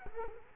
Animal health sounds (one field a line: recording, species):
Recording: mosquito wingbeat signal from an infrared sensor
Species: Culex quinquefasciatus